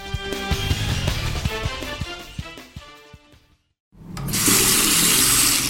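A few seconds of music with steady beats fade to a brief silence, then water gushes loudly and steadily from a tap, a bright, hissing rush that continues to the end.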